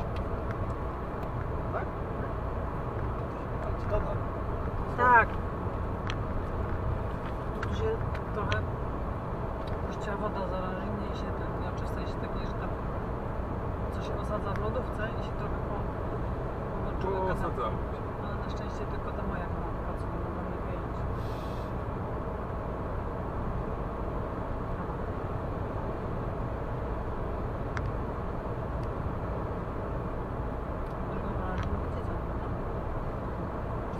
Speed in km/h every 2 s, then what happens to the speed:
105, 105, 105, 105, 105, 105, 105, 105, 105, 105, 106, 105, 105, 105, 105, 105, 105.
0-34 steady at about 105.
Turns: none.